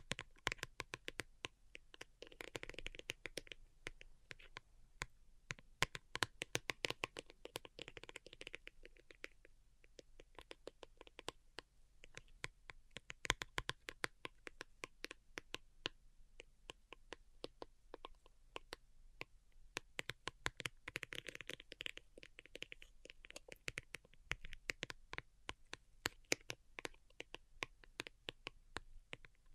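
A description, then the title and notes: Delicate tapping runs through the whole half minute as a dense patter of quick, crisp clicks, sometimes clustered into rapid flurries and sometimes spaced out. Soft rustling swells come and go underneath, notably around the first few seconds and again past twenty seconds. ASMR DELICATE Tapping for Sleep (No Talking).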